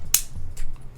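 A plastic bit is pressed onto a spinning-top blade-ratchet assembly to finish putting it together. It gives a sharp click at 0.1 s, followed by a faint tick at 0.6 s. The bit seats firmly in the ratchet.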